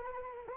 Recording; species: mosquito wingbeat signal from an infrared sensor; Anopheles arabiensis